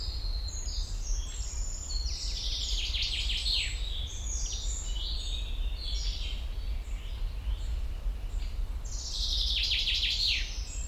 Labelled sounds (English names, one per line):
Common Chaffinch